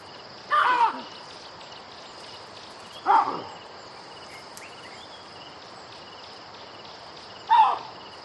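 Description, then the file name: Baboon barks: three harsh, noisy barks spaced unevenly over eight seconds against a constant background hum of insects. "audio hero Baboon"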